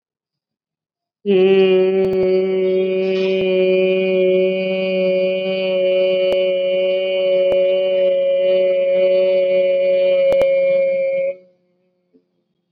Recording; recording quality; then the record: sustained vowel as in made; excellent, no background noise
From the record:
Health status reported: COVID-19 positive, mild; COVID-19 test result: positive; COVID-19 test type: RT-PCR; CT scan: not taken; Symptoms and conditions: cough, sore throat, fever, fatigue, muscle pain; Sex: female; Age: 36 years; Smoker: no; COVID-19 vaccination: both doses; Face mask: not worn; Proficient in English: yes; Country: India